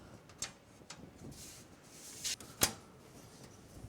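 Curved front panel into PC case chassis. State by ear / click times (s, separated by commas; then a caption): not seated / none. The curved front panel of an APNX Creator C1 PC case is handled against the chassis, producing a few faint taps and a brief scrape before one sharper tick. Nothing has seated or clicked into place yet.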